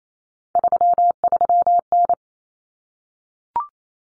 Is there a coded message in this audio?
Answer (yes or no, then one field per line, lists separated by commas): yes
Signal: Morse code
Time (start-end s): 0.6-2.1 s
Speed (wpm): 28 wpm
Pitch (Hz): 700 Hz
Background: none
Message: 33N